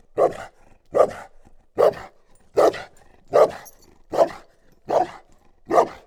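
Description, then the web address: Dog barking steadily, one deep woof roughly every 0.8 seconds, eight barks in an even, insistent rhythm. Chained dog barking at a tourist house near Eger, recorded in nature on 28 January. "allathangok termeszetben kutya lancvegencsahol octava egerturistahaz 01 28"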